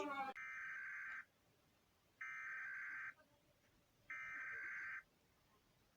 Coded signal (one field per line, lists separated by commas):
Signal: Emergency Alert System (SAME) tones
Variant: header bursts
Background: speech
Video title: When eas alarm 1 (Credit to @jeeveejylveeandthetv )